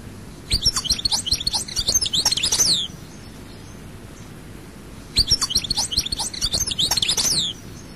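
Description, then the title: European goldfinch song in two bursts of rapid tinkling twitters, each about two seconds long, separated by a pause of a couple of seconds. "Chant Chardonneret"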